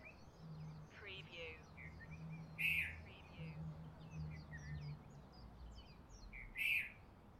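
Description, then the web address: Bird chirping: busy high twitters with two louder sharp notes about four seconds apart, over a low rumbling hum. Recorded in Honolulu in the morning. "lynne-publishing Honolulu Morning Bird"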